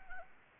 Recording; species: mosquito wingbeat signal from an infrared sensor; Anopheles arabiensis